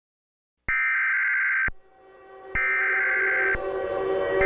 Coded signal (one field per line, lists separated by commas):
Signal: Emergency Alert System (SAME) tones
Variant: header bursts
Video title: EAS Scenario #3: Dust Storm From Hell